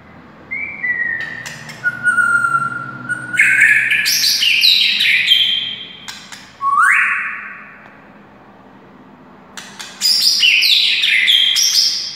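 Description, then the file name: White-rumped shama singing varied whistled phrases with sliding notes, a sharp upward sweep and crisp clicks between the louder bursts. Wild white-rumped shama (murai hutan). "suara murai hutan asli"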